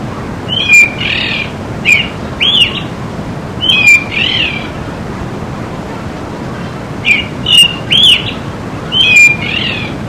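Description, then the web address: Thrush singing short whistled phrases, each a clear note followed by a fuller, buzzier note, repeated several times over a steady background hiss. "cantos zorzalpata"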